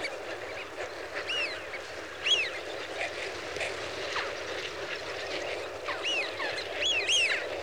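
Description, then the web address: Eurasian wigeon flock whistling, scattered rising-falling whee-oo calls, with a paired burst near the end. "BBC Sound Effects Library. Wigeon (Anas Penelope)"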